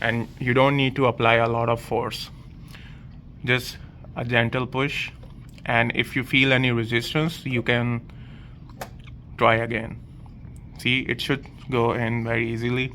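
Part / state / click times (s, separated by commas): sensor connector onto instrument pins / seated / 8.8 s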